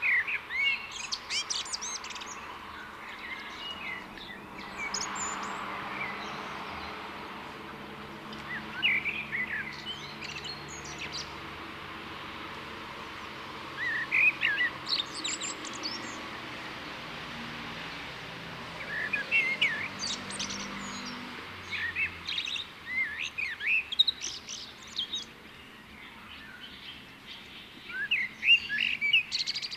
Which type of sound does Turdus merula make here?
song